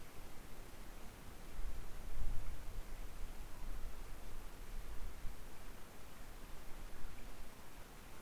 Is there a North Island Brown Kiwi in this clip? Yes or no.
no